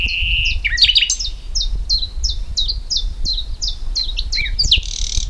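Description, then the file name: Common nightingale singing: an opening steady whistle, then a series of sharp descending notes, ending in a harsh buzzy burst, with low rumbling background. "Luscinia megarhynchos"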